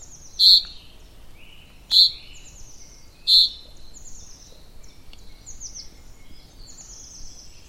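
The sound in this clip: Bird calls: three sharp high chirps in the first few seconds, with softer thin descending notes throughout and continuing after them, over a faint hiss.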